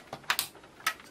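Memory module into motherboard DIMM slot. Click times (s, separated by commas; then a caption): 0.3 s, 0.9 s. A Corsair Vengeance Pro Series 32 GB DDR memory stick is pressed down into a motherboard DIMM slot until its plastic retention latches snap closed. After a faint tick at 0.1 s, sharp clicks come at 0.3 s and 0.87 s, with another close behind the first at 0.4 s. The module is seated.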